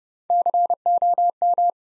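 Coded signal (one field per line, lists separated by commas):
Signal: Morse code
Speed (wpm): 30 wpm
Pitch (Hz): 700 Hz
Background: none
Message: COM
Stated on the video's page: Morse practice drill building 9-letter words three letters at a time at 30 wpm, for instant character recognition.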